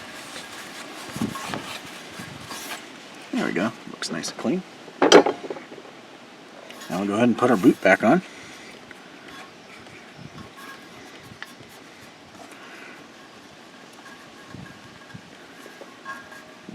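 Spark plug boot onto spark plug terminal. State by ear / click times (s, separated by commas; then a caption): seated / 11.4 s. A rubber spark plug boot is pushed back down onto the newly installed spark plug on the engine of a 2012 Honda Foreman TRX500FPM ATV. Someone talks over some handling noise, and the boot snaps onto the plug terminal with a sharp click at 11.4 s, confirming it is seated.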